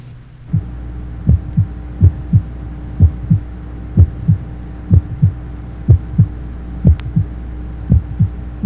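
Paired low thumps, a first and second heart sound about a third of a second apart, repeat evenly at about 62 beats a minute over a steady low hum. These are normal heart sounds of a 25-year-old, heard at the mitral area, with no added sounds.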